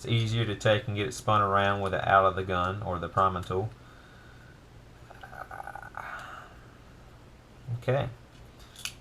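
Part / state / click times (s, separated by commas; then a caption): plastic primer tray part into hand priming tool / not seated / none. Someone talks at the start, then faint handling ticks and rattles follow around 5.4 to 6.0 seconds, with a brief louder rustle near 7.8 seconds and a small tick at 8.9 seconds. The sounds come from a small plastic primer tray part being fitted back into an RCBS hand priming tool. The clip ends before the part goes home, so nothing has seated or clicked yet.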